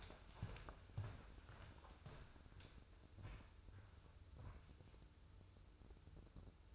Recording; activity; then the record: daily activity, microphone in the room; walk to room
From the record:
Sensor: 2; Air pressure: 995.5 hPa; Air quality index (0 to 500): 80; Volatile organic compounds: 3 ppm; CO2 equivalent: 1424 ppm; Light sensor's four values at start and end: 20/64/25/25 and 24/77/30/29